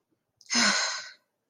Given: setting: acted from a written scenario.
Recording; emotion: vocal sound without words; disappointment